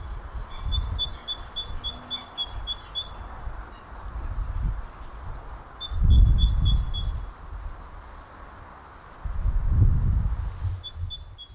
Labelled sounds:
Great Tit
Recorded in the wild
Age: adult
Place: Karower Teiche, Naturpark Barnim, Berlin, DE
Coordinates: 52.6222, 13.4597
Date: 2003-03-15 14:59
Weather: sunny, 7°C
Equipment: Nagra SN, Kopie Uher 4000 Report Monitor
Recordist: Tembrock, Günter

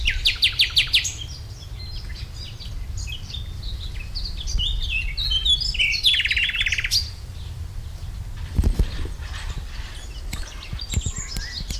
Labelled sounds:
Eurasian Blackcap song
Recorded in the wild
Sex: male
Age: adult
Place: Lübars, Sprintsteig, Berlin, DE
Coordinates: 52.6167, 13.3481
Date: 1998-05-01 11:12
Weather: fair, 17°C
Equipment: Sony MD-WM MZ-R3, Sennheiser MKH 416 T, Kopie Uher 4000 Report Monitor
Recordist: Tembrock, Günter

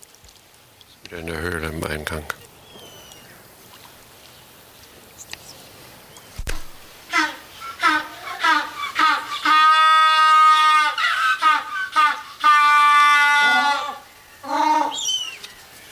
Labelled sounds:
African Penguin call
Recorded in captivity
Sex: group
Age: diverse
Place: Tierpark Berlin, Berlin, DE
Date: 1983-12-24 11:37
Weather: sunny, 1-3°C, no wind
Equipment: Nagra SN, Sennheiser MKH 416 T, Kopie Uher 4000 Report Monitor
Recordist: Tembrock, Günter

